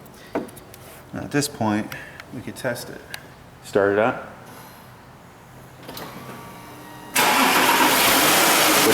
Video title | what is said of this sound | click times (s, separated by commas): I Cant see around corners? VW No bend lighting (AFS) function. Quick Check and fix | that just go until you hear a click | 0.4 s